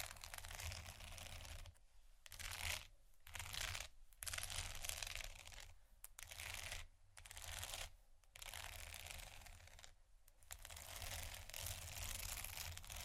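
Dry hands scratch and tap on vinyl and metal, a dense crinkly rustle in bursts broken by brief pauses around every second or two.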